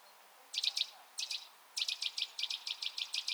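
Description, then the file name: Eurasian nuthatch giving high, sharp notes in short groups separated by brief pauses, then a longer run. "Sitta europaea"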